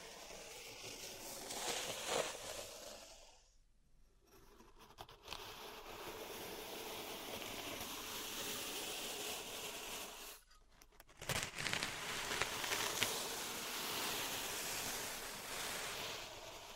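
Pink salt in a zen garden is raked and stirred, making a dense, grainy hiss that swells and eases like surf. The sound drops out briefly near four seconds and again around ten to eleven, then returns with sharper scratches and clicks.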